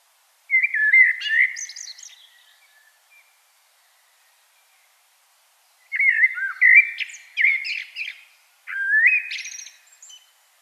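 Common blackbird singing three separate phrases, each a mellow fluted warble ending in high scratchy twittering notes, with a long pause after the first and a short one before the last.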